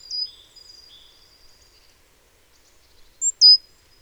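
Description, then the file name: Great tit calls: a sharp high note followed by a thin, drawn-out tone, then silence and a loud two-part downslurred note near the end. "Parus major"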